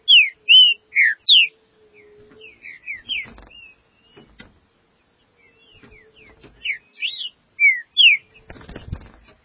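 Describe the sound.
Green-winged saltator song in two bursts of clear, slurred whistles, separated by a quieter stretch with softer notes and a few clicks and knocks.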